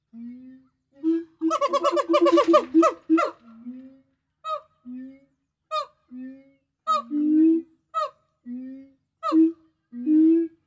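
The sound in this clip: Gibbon calls: low hoots near the same pitch alternating with higher upswept notes, plus a rapid burst of sharp rising whoops early on.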